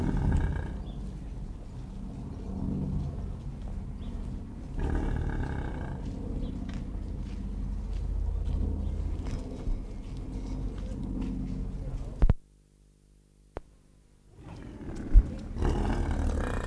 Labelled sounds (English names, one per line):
European Bison call